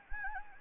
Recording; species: mosquito wingbeat signal from an infrared sensor; Anopheles gambiae